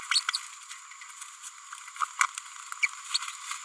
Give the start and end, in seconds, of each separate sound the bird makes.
2.82-2.87, 3.13-3.18